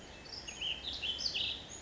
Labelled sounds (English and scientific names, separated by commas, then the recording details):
Ash-throated Flycatcher (Myiarchus cinerascens)
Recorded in Sonoma County, California